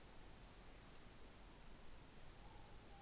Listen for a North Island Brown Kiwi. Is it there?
no